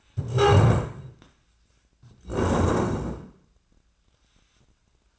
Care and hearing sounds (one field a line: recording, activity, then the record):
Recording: daily activity, microphone in the room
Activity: stand up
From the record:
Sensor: 2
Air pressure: 1012.1 hPa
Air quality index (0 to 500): 158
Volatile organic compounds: 2 ppm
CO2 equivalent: 1158 ppm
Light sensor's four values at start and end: 50/132/55/66 and 45/107/48/55